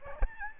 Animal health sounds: mosquito wingbeat signal from an infrared sensor; Aedes albopictus

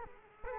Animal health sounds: mosquito wingbeat signal from an infrared sensor; Culex quinquefasciatus

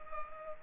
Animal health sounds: mosquito wingbeat signal from an infrared sensor; Culex pipiens

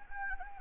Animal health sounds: mosquito wingbeat signal from an infrared sensor; Anopheles gambiae

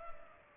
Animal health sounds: mosquito wingbeat signal from an infrared sensor; Culex pipiens

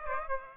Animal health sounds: mosquito wingbeat signal from an infrared sensor; Aedes aegypti

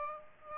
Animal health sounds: mosquito wingbeat signal from an infrared sensor; Aedes aegypti

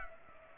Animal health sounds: mosquito wingbeat signal from an infrared sensor; Culex pipiens

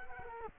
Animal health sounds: mosquito wingbeat signal from an infrared sensor; Culex quinquefasciatus

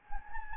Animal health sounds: mosquito wingbeat signal from an infrared sensor; Anopheles gambiae

